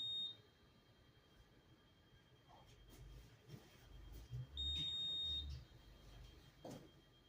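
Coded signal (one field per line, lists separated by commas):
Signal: beep code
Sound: steady high-pitched electronic beeps, one short early and one longer, over a faint constant whine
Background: room ambience, footsteps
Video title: Honeywell Notifier Fire Alarm Panel Beeping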